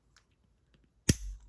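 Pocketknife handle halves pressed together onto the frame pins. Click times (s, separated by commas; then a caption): 1.1 s. Tight-fitting handle halves (liners and scales) of an HEA Designs Falcon slipjoint pocketknife are pressed together over the internal pins during reassembly. After faint small ticks, a single sharp snap at 1.1 s marks them popping home and seating together, followed by a brief low rumble.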